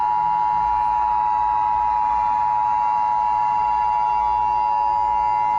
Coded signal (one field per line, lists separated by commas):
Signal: Emergency Alert System (SAME) tones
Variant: 853 and 960 Hz attention tone